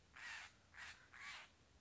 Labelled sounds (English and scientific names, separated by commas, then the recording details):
Steller's Jay (Cyanocitta stelleri)
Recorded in Sonoma County, California